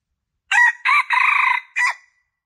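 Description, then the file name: Junglefowl crowing: a brief harsh opening note, a second note, a longer pulsing middle section, then a short clipped ending, in about one and a half seconds against silence. Male bird; a lure recording, called 'suara pikat' in Indonesian, used to attract wild junglefowl. "suara pikat ayam hutan jantan"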